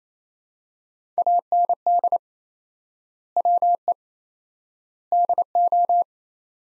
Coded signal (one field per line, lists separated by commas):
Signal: Morse code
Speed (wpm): 28 wpm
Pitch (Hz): 700 Hz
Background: none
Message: AND WE DO